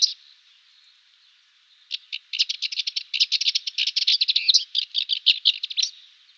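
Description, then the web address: Cyprus warbler song, a quick dry rattling chatter of scratchy notes lasting about four seconds. "Schulze Peter Cyprus Warbler song"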